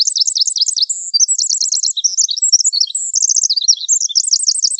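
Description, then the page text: Pacific wren song, a long, high, bubbling stream of fast trills and sharp chattering notes, without pause. Recorded in coniferous forest. "Coniferous Forest Pacific Wren. Quick Sounds"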